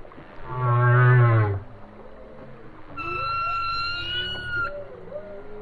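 Whale song opening with a short loud harmonic moan, followed by a high whistle held for almost two seconds and faint wavering moans.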